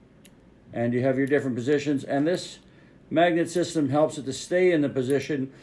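An eight-sided adjustable pressure nozzle (NPAS) inside a composite loading nozzle for a GHK AR airsoft GBB is turned, and its magnet-and-spring lock gives a single sharp, short click at 0.3 s as it seats into position, unlike a threaded adjuster. Someone then talks over the rest of the clip.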